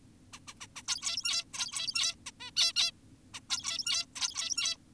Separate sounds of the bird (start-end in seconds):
0.33-0.39, 0.48-0.54, 0.61-0.67, 0.76-0.82, 0.88-1.44, 1.54-2.15, 2.26-2.31, 2.40-2.51, 2.56-2.73, 2.76-2.91, 3.34-3.40, 3.50-4.06, 4.16-4.77